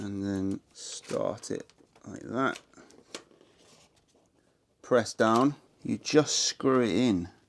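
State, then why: Not seated. A plastic hose clip is fitted around the flexible PIV ventilation ducting, pressed down and screwed in while someone talks, with a few faint handling ticks around 2.9 s and 3.2 s. Nothing has seated or clicked yet.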